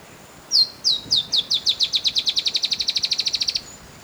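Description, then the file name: Dusky-tailed antbird giving a thin, high note series that quickens from spaced downslurs into a fast steady trill, then stops abruptly; faint background hiss. "Dusky-tailed Antbird (Drymophila malura)"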